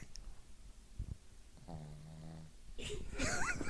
Our dog Floyd is snoring. Floyd is like a 14-year-old. Dog that wears a diaper. He's probably 14 or 16. What is he, a Shih Tzu?